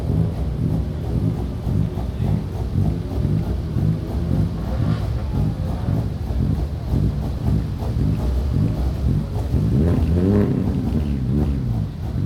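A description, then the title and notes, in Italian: A busy square in Sassuolo, la Piazza Piccola, fills with a dense, steady murmur of overlapping voices. Low rumbling from passing traffic runs underneath throughout, and a few clearer voices rise above the crowd around ten seconds. Die Quelle der absurden Autos war la Piazza Piccola di Sassuolo.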